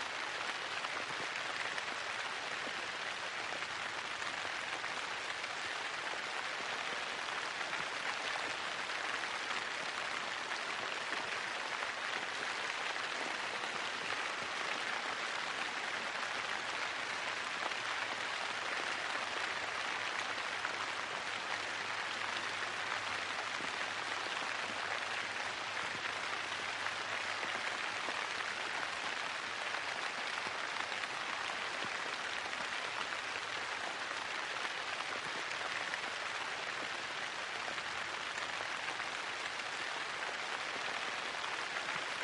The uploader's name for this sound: Steady Rainfall and Thunder Sounds